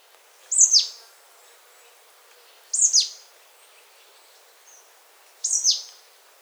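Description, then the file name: Marsh tit giving three explosive high notes, each dropping sharply in pitch, spaced about two and a half seconds apart over quiet background. "Poecile palustris"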